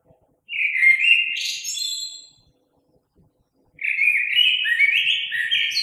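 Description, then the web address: Common blackbird song: a fluting phrase closing with a high thin screech, a pause, then a second warbled phrase. Recorded on 3 March 2020. "oiseaux Merle 2020 03 03"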